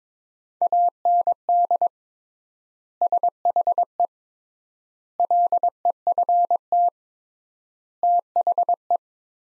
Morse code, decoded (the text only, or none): AND SHE LEFT THE